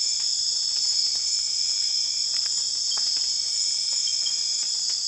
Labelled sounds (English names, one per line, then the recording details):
none
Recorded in secondary vegetation near Puerto Asís, Putumayo, Colombia, on 25 June 2025 at 02:00
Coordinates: 0.485, -76.322
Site GP06